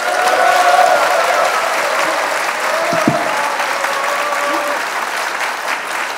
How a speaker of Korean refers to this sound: 자, 여러분 지금부터 안희정이 여러분과 꿈꾸는 그 꿈을 여러분의 큰 박수로 한번 청해 주시기 바랍니다.